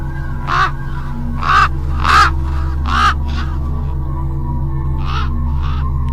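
A crow caws repeatedly, four harsh calls at roughly one-second intervals, then two quicker, fainter caws after a pause, over a steady low hum with no talking.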